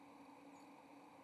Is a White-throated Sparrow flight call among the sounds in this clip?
no